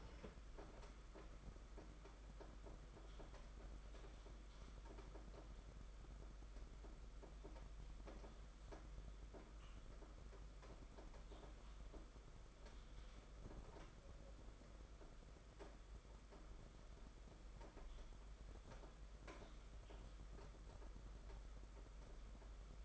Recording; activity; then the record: daily activity, microphone in the room; typing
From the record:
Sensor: 5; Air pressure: 991.9 hPa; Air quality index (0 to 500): 164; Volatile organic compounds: 377 ppm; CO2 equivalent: 4632 ppm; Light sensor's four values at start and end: 31/107/40/42 and 31/108/40/42